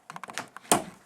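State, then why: Seated. A snowboard boot is pushed down into a 2025 Nidecker Supermatic step-in snowboard binding, with a series of light clicks and taps as it lowers. A loud, sharp hit at 0.7 s marks the boot seating in the binding.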